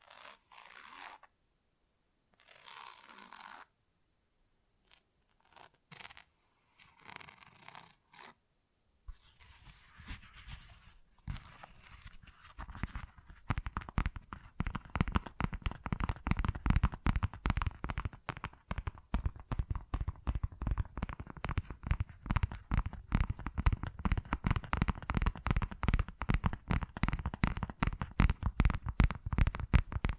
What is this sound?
Tingly Textures Tapping and Scratching